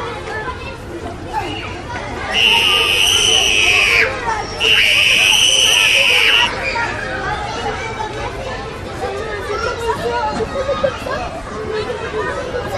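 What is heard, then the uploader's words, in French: A school playground at recess, filled with a steady mix of children's chatter and shouting voices. A shrill, ringing tone sounds twice near the start, each lasting close to two seconds with a short gap between, while the crowd noise carries on underneath. Cour de récréation.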